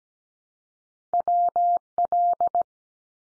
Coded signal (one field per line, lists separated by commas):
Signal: Morse code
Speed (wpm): 17 wpm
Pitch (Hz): 700 Hz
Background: none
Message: WL